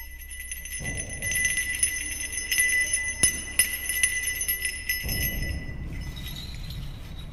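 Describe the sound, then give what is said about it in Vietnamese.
A small black-bronze hand bell, engraved all over with script and runic symbols, is shaken over and over by an elderly man, its bright ringing tones sustained and overlapping as the jangling picks up pace, over a low rumbling undertone. “Cụ bắt đầu rung rung cái chuông, mỗi lúc một nhanh.”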